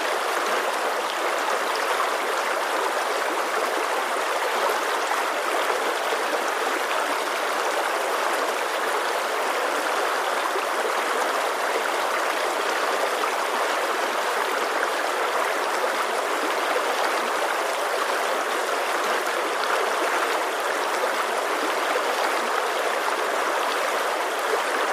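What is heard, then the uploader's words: A mountain stream rushes steadily over stones, a dense, unbroken wash of water with a bright, hissing top and little low rumble. The flow stays even for the whole stretch, with faint gurgles and trickles woven through it. Mountain Stream Water Sounds.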